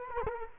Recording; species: mosquito wingbeat signal from an infrared sensor; Culex quinquefasciatus